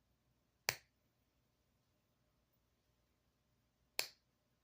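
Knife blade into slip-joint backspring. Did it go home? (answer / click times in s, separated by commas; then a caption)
yes / 0.7 s, 4.0 s. The steel blade of a small Case Tiny Toothpick slip-joint pocket knife (yellow synthetic handle, CV, 310096, dated 2021) is worked against its strong backspring. Two sharp, bright snaps ring out at 0.7 s and 4.0 s against a quiet background, each dying away within a fraction of a second. Each snap marks the blade seating firmly into its open or closed position, and the spring is judged good.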